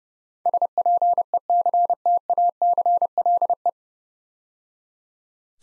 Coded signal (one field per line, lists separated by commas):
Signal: Morse code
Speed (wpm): 30 wpm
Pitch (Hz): 700 Hz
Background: none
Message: SPECTACLE